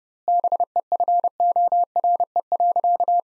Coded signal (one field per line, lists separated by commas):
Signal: Morse code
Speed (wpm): 30 wpm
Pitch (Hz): 700 Hz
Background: none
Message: BEFORE.